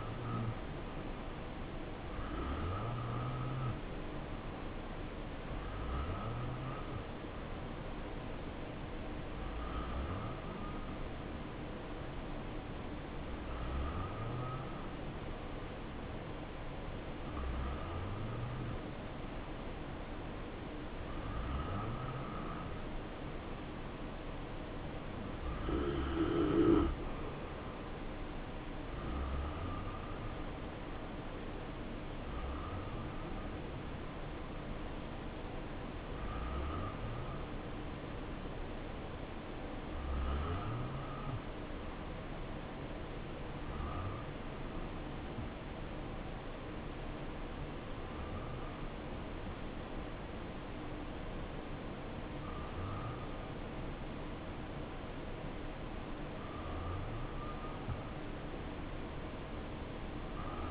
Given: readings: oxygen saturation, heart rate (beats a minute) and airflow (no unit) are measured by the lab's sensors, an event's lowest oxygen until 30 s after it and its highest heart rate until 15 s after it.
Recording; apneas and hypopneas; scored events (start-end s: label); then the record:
breathing in sleep by a voice recorder at the bedside; none
none scored
From the record:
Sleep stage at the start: N2 (light sleep); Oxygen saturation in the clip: 86 to 90%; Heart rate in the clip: 59 to 70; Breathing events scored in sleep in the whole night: 277 in 7.4 hours asleep